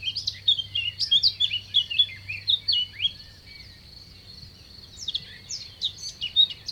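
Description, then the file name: Bird chirping, bursts of sharp high twittering notes in the opening seconds and again later, with a continuous thin high-pitched whine and low background rumble throughout. Recorded at Sonnaz. "oiseau sonnaz"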